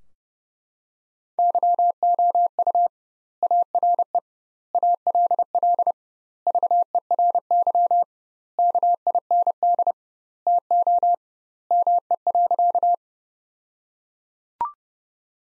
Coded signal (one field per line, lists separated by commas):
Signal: Morse code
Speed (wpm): 30 wpm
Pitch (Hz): 700 Hz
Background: none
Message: YOU ARE ALL VERY KIND TO ME.